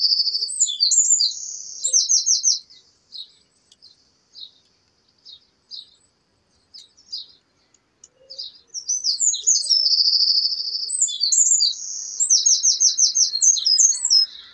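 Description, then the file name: Eurasian wren delivering two loud, rapid songs of high trills and sharp notes. Quiet, scattered chirps fill the gap between them. "Troglodytes troglodytes"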